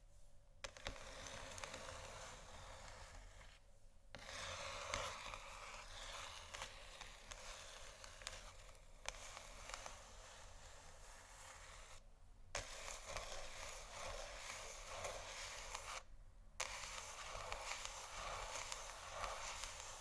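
Continuous scratching on canisters, a dense, bright, rasping texture that rarely lets up. The scratching stops briefly in three short gaps, near 4, 12 and 16 seconds, and sharp tap-like clicks punctuate it around 0.5, 5 and 12.5 seconds.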